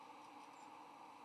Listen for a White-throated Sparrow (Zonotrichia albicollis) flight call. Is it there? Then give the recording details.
no. Another species' flight call is heard. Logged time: 06:09 on 8 November 2014